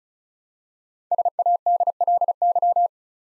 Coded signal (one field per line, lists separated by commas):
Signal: Morse code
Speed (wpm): 36 wpm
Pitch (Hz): 700 Hz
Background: none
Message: SADLY